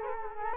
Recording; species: mosquito wingbeat signal from an infrared sensor; Culex quinquefasciatus